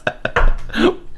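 Two short, abrupt bursts come in quick succession, then a longer, deep, gurgling belch-like sound and a brief voiced groan, all within about a second. These are an adult man's hiccups, unusually deep and burp-like, with air coming up, in a man with stomach pain.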